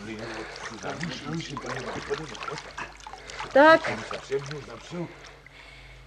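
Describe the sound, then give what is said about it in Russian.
Floodwater pours and flows into a shelter in a steady, hissing wash beneath several people talking, with one voice rising sharply for a moment midway. “Вот вероятно, разлилась река и затопила равнину.”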